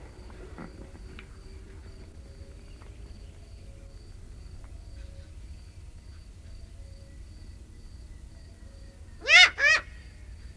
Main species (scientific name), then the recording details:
Bubo bubo. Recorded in the wild. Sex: female. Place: Varna, BG. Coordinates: 43.427, 28.162. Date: 1974-06-04. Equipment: Nagra III BH, Sennheiser MD 21, parabola. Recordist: Schubert, Michael